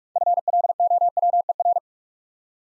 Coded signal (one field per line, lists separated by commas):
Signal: Morse code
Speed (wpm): 44 wpm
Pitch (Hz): 700 Hz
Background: none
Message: FLOWER